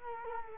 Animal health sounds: mosquito wingbeat signal from an infrared sensor; Culex quinquefasciatus

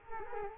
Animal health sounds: mosquito wingbeat signal from an infrared sensor; Culex quinquefasciatus

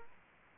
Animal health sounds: mosquito wingbeat signal from an infrared sensor; Aedes aegypti

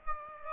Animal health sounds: mosquito wingbeat signal from an infrared sensor; Aedes aegypti

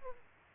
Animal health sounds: mosquito wingbeat signal from an infrared sensor; Aedes aegypti

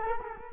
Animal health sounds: mosquito wingbeat signal from an infrared sensor; Culex quinquefasciatus

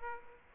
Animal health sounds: mosquito wingbeat signal from an infrared sensor; Aedes aegypti

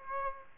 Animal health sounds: mosquito wingbeat signal from an infrared sensor; Aedes aegypti

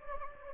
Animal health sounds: mosquito wingbeat signal from an infrared sensor; Anopheles gambiae

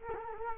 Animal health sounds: mosquito wingbeat signal from an infrared sensor; Culex quinquefasciatus

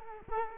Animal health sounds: mosquito wingbeat signal from an infrared sensor; Culex quinquefasciatus

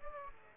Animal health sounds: mosquito wingbeat signal from an infrared sensor; Aedes aegypti

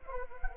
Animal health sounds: mosquito wingbeat signal from an infrared sensor; Anopheles gambiae

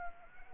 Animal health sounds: mosquito wingbeat signal from an infrared sensor; Anopheles arabiensis

